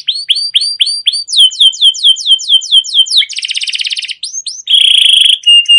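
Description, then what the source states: Canary song, starting with repeated rising chirps, then a quick run of falling notes, a buzzy rattling trill and a sustained whistled tone at the end. Canary with long, continuous trilling 'ngerol' and 'cuit cuit' song, used as a lure and master recording for training other canaries.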